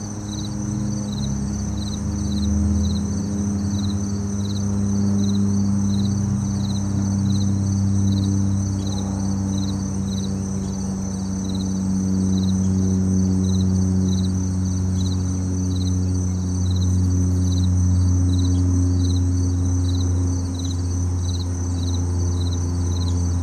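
Crickets and cicadas trill steadily in a bright, pulsing chorus over a constant low rumble of passing traffic that swells and fades.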